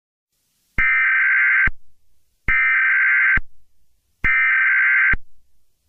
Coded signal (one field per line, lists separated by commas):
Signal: Emergency Alert System (SAME) tones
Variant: header bursts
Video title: EAS Scenario #10: Sayori's Rampage.